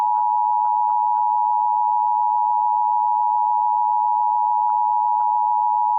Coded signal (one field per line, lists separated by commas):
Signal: Emergency Alert System (SAME) tones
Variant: 853 and 960 Hz attention tone